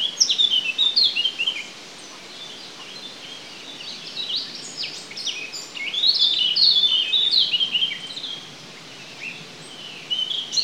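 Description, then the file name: Eurasian blackcap song: bursts of quick, varied, high warbling phrases, pausing briefly between them, over a steady background hiss. "Sylvia atricapilla"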